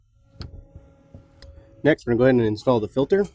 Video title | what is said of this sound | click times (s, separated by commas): Flowmaster Delta Force Cold Air Intake for 07-08 GM Trucks & SUV's Installation | down - you hear it snap in next | 0.4 s